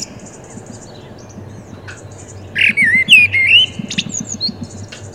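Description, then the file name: Common blackbird singing one short phrase midway, a warbled fluty whistle wavering up and down, then a scratchy high flourish, after a quiet start. "Turdus merula"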